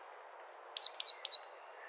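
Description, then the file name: Great tit giving a single burst: a thin high whistle followed by three quick, clipped, downslurred notes. "Parus major"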